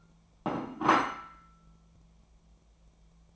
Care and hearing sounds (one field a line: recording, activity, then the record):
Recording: daily activity, microphone in the room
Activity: place plate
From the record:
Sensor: 1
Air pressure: 1000.3 hPa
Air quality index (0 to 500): 144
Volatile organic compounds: 3 ppm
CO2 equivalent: 1354 ppm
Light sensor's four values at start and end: 30/74/31/38 and 30/74/31/38